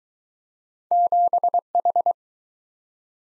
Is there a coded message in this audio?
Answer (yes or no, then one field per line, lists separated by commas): yes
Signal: Morse code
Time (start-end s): 0.9-2.1 s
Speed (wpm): 20 wpm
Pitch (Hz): 700 Hz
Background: none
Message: 7H